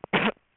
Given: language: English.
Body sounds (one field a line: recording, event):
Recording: throat vibration sensor signal played as sound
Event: cough